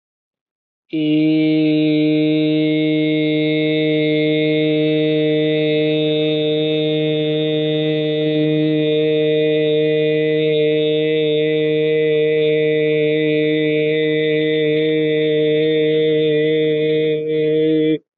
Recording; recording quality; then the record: sustained vowel as in made; excellent, no background noise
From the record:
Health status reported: COVID-19 positive, mild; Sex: male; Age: 23 years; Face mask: not worn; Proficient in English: yes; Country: India